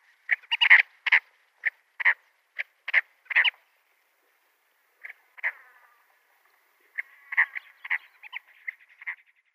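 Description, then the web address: Chestnut-bellied sandgrouse uttering a rapid series of short gurgling notes, then a pause of about 1.5 seconds, then two more runs of bubbling calls separated by a similar pause. "Schulze Peter Chestnut-bellied Sandgrouse"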